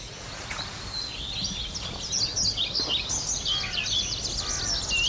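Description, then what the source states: European pied flycatcher song: short, sweet, high chirping phrases, louder from midway on, with other small birds in the background. Singing from the top of a dead tree on a heath in Belgium, early morning, already light with the moon still visible.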